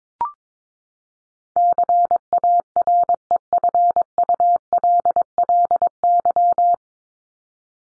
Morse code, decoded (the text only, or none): CAREFULLY